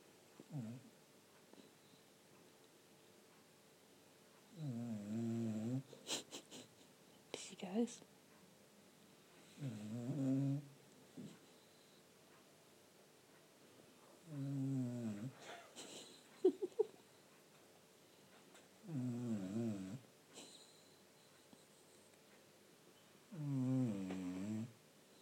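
Low, buzzy snores recur about every five seconds, roughly twelve a minute, from Trinnie, a sleeping pet cat, sounding like an old man snoring.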